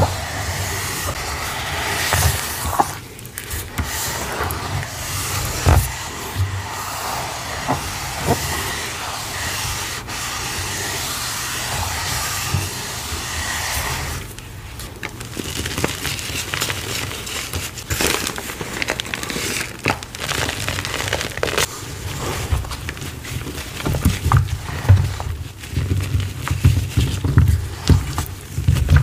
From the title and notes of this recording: Mixing Oobleck Paste for Cornstarch Crunchies. Loud ASMR pouring, cornstarch squeaks, squishy paste, and oddly satisfying mixing sounds.